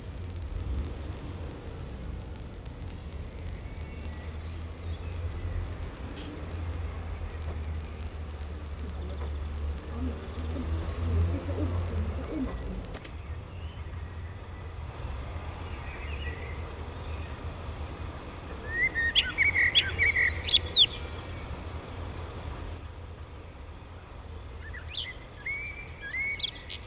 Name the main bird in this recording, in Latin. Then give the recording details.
Turdus merula. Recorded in the wild. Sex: male. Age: adult. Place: Bielefeld-Mitte, Nordrhein-Westfalen, DE. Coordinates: 52.0072, 8.54889. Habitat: residential district. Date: 1968. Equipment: Uher 4000 Report-S, Bändchenmikro Beyer M 260, Parabolspiegel Polyester (470 mm). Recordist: Conrads, Klaus